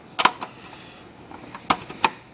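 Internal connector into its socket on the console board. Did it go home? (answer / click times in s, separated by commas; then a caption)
yes / 2.1 s. Inside an opened PS3 game console, a small internal wifi-related connector or chip is wiggled and aired out rather than blown, to avoid damaging the chip, then pushed back into its socket on the console board. A few sharp taps and rattles are heard near 0.2 s and 1.7 s, and the connector seats with a faint click at 2.1 s.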